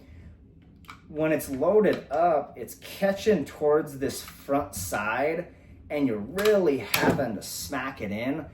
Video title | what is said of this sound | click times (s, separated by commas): Savage 110 High Country 6.5 Creemoor Review -- THIS THING IS A TAC DRIVER!! -- | see that just snapped right in, no issue. | 0.9 s